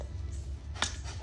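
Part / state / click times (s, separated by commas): activator plunger button into base of 2K aerosol paint can / not seated / none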